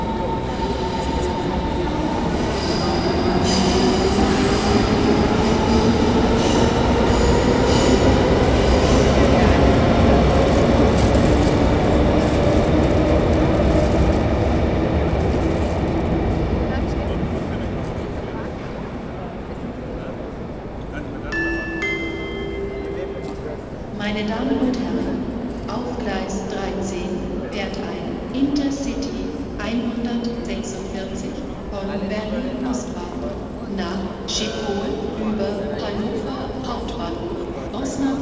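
Station platform atmosphere with a train rumbling loudly through the first half, its low roar and squealing tones rising then fading around eighteen seconds. Afterward, a quieter hall of overlapping voices and chatter remains, with occasional clanks and brief tonal chimes.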